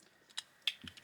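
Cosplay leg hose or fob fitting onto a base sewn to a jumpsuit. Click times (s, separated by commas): 0.7 s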